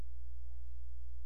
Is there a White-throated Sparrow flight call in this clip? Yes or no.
no